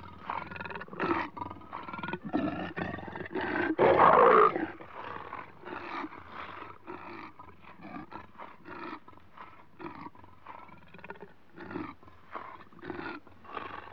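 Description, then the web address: Leopard growling in a rough, pulsed rumble of short rasps, swelling to a louder snarl around four seconds, then continuing in lower, choppy growls. Leopards in Africa, recorded close up while growling. "BBC Sound Effects Library. Africa. Leopards"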